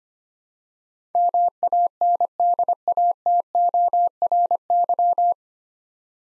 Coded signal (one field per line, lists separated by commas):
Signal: Morse code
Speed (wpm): 25 wpm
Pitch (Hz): 700 Hz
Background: none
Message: MANDATORY